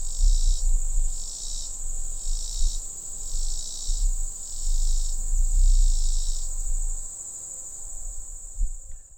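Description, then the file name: Robinson's cicada song: high constant buzz with rhythmic pulses that stop partway through, leaving the drone; low rumbling noise beneath. "Robinsons Cicada"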